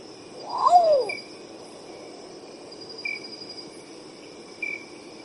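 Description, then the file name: Long-tailed potoo singing a single plaintive phrase, a brief upper note then a drawn-out falling whistle, against a constant shrill insect chorus with intermittent buzzy insect notes. "canto do urutau pardo"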